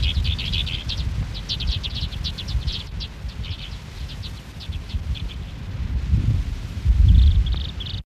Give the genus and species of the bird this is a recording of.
Prunella collaris